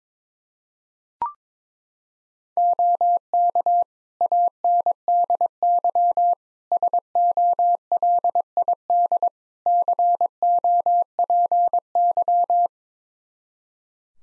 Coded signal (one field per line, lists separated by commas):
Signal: Morse code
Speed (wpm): 21 wpm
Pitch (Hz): 700 Hz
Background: none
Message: OK ANDY SOLID COPY